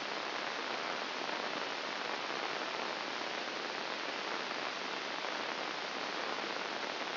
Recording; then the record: brain microelectrode recording played as sound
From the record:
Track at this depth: inside the subthalamic nucleus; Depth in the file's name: 2.704 mm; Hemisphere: left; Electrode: 2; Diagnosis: Parkinson's disease